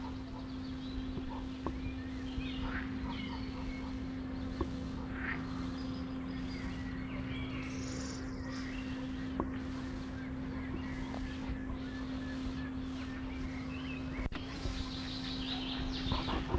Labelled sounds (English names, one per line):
Edible Frog call